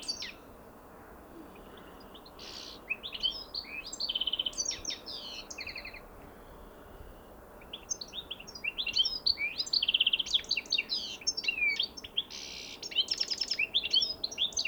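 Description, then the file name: European goldfinch chattering in bright, jingling phrases with buzzy trills and a clear whistled note, a quiet gap midway, then a livelier second burst. "Carduelis carduelis"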